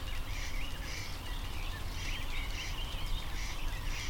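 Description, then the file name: Booted Warbler song, a faint rapid chattering warble of short repeated phrases over a strong low rumble of background noise. Male singing a longer verse, possibly new, recorded 13 June 2021. "hipcal ima kk 210613 eka koiras pidempaa saetta mahd uusi"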